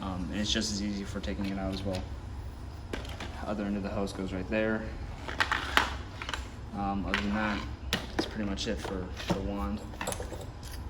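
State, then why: Seated. Someone talks while the other end of the high-pressure hose is pushed onto its fitting on a CRAFTSMAN 1900 PSI pressure washer (CMEPW1900). A loud, sharp click at 5.8 s marks the hose end snapping onto the fitting and seating.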